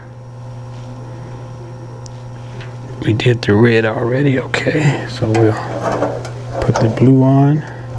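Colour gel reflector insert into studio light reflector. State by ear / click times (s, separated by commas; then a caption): not seated / none. A blue colour gel reflector insert is handled before being pushed into the reflector of a studio LED light; the part has not seated or clicked into place yet. Over a steady low hum with a brief faint tick near 2.1 s, someone talks from about 3 s to the end.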